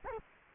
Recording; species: mosquito wingbeat signal from an infrared sensor; Culex quinquefasciatus